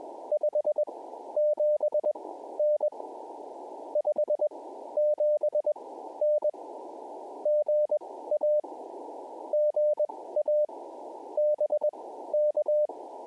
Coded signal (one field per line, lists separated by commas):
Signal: Morse code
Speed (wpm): 20 wpm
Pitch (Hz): 600 Hz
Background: none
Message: 57N 57N GA GA BK